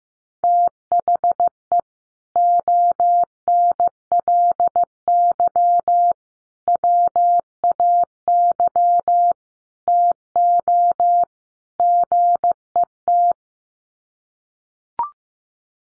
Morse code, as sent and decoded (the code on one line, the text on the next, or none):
- .... . / --- -. .-.. -.-- / .-- .- -.-- / - --- / --. . -
THE ONLY WAY TO GET